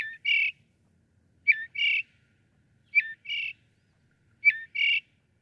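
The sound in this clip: Northern mockingbird song: a two-part phrase, a downslurred whistle then a harsh burst, repeated about every one and a half seconds.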